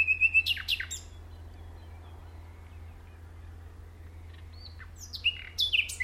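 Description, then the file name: Common nightingale song: a brisk phrase of repeated sharp notes at the start, a long quiet stretch, then another fast, high phrase, with a constant low hum underneath. "Luscinia megarhynchos"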